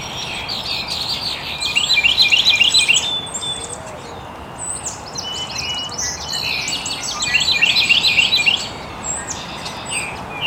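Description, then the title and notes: Birds chirping; two bursts of rapid, zigzagging high trills stand out, separated by quieter overlapping twitters, above a continuous hiss. Birds chirping very early in the morning in an estuary. "Birds Chirping in the Early Morning. Original sounds of birds chirping very early in the morning in an estuary"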